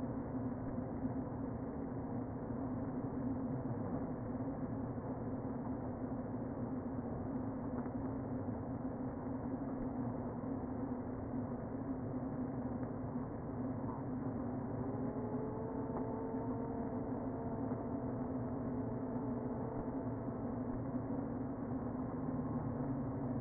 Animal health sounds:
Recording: honeybee colony, microphone inside the hive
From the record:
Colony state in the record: queen present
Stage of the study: before two queens were removed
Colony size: about 60,000 bees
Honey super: yes

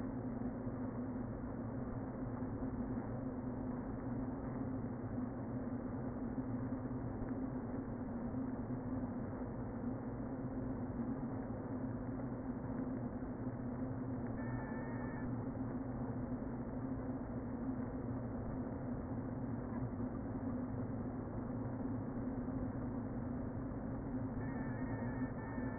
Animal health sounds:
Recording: honeybee colony, microphone inside the hive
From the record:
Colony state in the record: queen present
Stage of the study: before two queens were removed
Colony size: about 60,000 bees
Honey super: yes

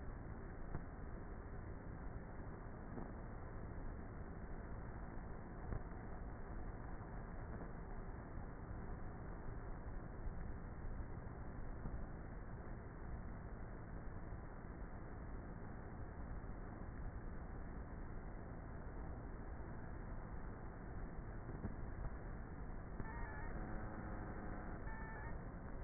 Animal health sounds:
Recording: honeybee colony, microphone inside the hive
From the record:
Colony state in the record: queenless with a low population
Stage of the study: before two queens were removed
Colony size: about 30,000 bees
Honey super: no

